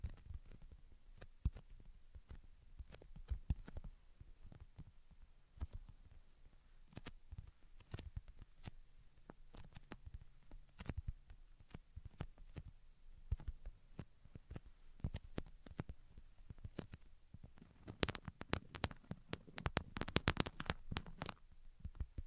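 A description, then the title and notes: Tapping and scratching sounds: sharp, irregular taps arrive every fraction of a second, each with a soft, low thump beneath a crisp click. Between them a faint scratchy texture lingers, and the activity grows busier and louder around 18 to 21 seconds. Tapping, Scratching, and Tracing Sounds. (No Talking).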